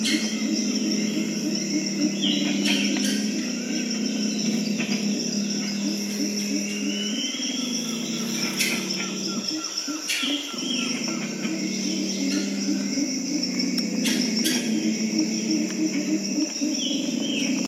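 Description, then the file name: Pale-winged trumpeter song: a low, humming, rhythmic series of deep notes in pulsing phrases, over constant high insect buzzing and with sharp clicks at times. "Canto da jacamim de costas brancas"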